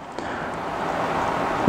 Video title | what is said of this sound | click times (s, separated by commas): How to Build an Ethereum Mining Rig (Part 1 of 3) | so we're going to plug one of these in it should snap right in | 0.2 s